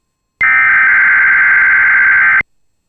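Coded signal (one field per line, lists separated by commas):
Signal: Emergency Alert System (SAME) tones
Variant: header bursts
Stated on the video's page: Statewide tornado drill relayed from the Twin Cities National Weather Service office.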